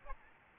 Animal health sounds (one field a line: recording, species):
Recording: mosquito wingbeat signal from an infrared sensor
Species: Aedes albopictus